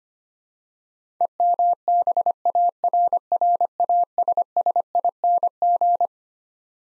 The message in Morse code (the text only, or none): EMBARRASSING